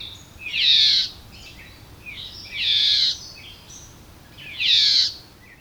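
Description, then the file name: Red-eyed vireo giving harsh, nasal mewing calls, three of them spaced about two seconds apart, with faint scratchy notes between. "red-eyed vireo call by patrick blake"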